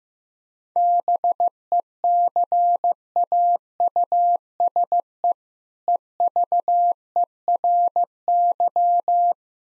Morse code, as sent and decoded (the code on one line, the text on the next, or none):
-... . -.-. .- ..- ... . / . ...- . .-. -.--
BECAUSE EVERY